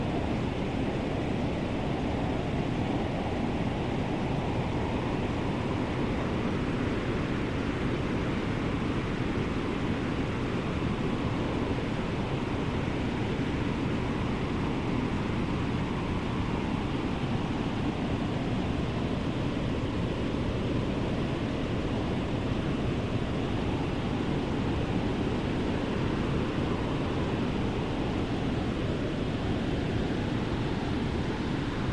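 A heater runs with a steady, dense rushing hum, strongest in the low and middle range, with wind blended into it. The sound holds the same level throughout, with only slight wavering and no distinct events, unbroken.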